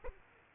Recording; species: mosquito wingbeat signal from an infrared sensor; Aedes aegypti